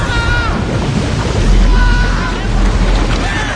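Roaring, rushing water floods inside a sinking ship, pouring over a wooden staircase with a heavy low rumble that swells midway and stays steady, while faint wavering tones, like groaning metal or cries, drift above the torrent.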